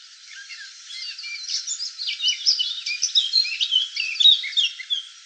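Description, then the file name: Eurasian blackcap singing: a continuous, rapid warble of varied chirps and twittering notes that grows louder. "Sylvia atricapilla"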